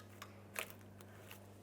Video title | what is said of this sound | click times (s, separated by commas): How to Replace Trailer Hitch Plug Receptacle 2000-2006 Chevrolet Tahoe | Align your locking tab, press it in, listen for a click. | 0.6 s